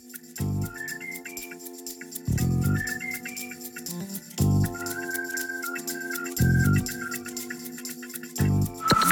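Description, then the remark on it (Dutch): A ticking radio time-signal jingle on NPO Radio 1 before the 8:00 news: a bright, whistle-like melody repeats over steady ticking, with a low thudding pulse returning about every two seconds. No one speaks. “Zo dadelijk na de klok van 8:00. Eerst even het nieuws.”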